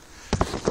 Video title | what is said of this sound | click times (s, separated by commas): DOORCARDANDTRIMREMOVAL | and just push that pin until it clicks | 0.3 s, 0.4 s